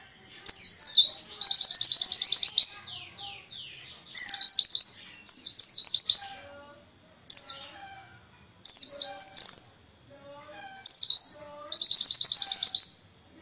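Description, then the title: White-eye song: repeated high phrases of downward slurs, some running into a rapid even trill, separated by brief silences. Forest white-eye song material (isian) for training songbirds (masteran). "mster Mnuk. Pleci ngalas isian untuk masteran"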